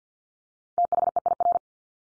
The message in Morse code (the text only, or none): THEIR